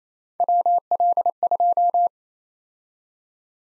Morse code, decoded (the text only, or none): WL2